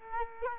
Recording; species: mosquito wingbeat signal from an infrared sensor; Culex quinquefasciatus